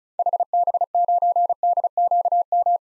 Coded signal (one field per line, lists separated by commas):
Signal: Morse code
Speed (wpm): 36 wpm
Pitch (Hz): 700 Hz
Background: none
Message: HB9DQM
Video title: 2023 SOTA Activator Call Signs - 35wpm